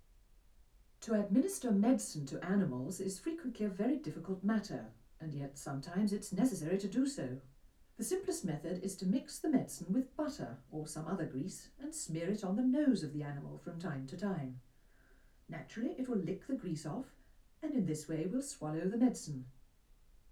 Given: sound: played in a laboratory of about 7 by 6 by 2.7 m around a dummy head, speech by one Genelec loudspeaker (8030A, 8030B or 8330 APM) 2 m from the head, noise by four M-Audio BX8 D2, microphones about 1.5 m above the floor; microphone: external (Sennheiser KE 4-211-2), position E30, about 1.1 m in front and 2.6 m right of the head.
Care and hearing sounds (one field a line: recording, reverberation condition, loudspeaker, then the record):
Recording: female speech in English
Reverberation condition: low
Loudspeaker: behind (180 degrees)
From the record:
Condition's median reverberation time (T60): about 310 ms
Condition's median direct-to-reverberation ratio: about 3.5 dB